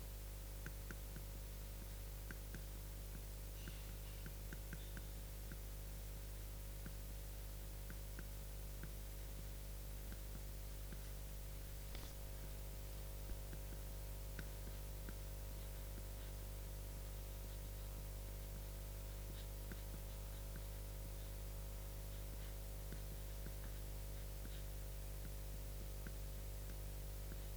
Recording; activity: daily activity, guitar pickup as the sensor; write